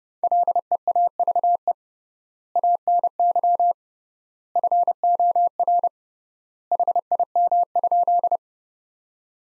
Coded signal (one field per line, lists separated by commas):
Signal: Morse code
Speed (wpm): 30 wpm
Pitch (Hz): 700 Hz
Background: none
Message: LEAVE ANY FOR HIM?